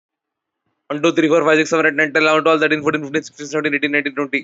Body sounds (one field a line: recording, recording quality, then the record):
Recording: counting at a fast pace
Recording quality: excellent, no background noise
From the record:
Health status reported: healthy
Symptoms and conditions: none ticked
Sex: male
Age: 23 years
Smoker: yes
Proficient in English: yes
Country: India